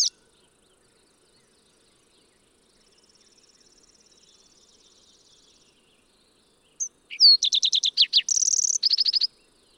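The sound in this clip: Fox sparrow song arriving late after near silence: a brief high note, then quick slurred whistles, a buzzy middle and a closing run of rapid notes.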